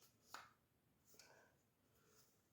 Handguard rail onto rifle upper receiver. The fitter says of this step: All right, and then just put it on your leg and just, there it goes. Okay, so that's how that locks into place.